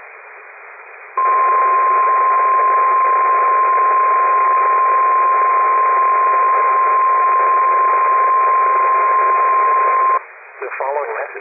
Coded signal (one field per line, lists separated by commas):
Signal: Emergency Alert System (SAME) tones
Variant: 1050 Hz attention tone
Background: speech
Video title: (ACTIVE) Child Abduction Emergency on WXK61 (EAS #1670)